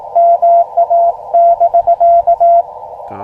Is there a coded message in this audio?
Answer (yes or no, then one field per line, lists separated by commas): yes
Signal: Morse code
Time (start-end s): 0.2-2.6 s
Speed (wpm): 19 wpm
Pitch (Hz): 680 Hz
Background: none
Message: MA <BK>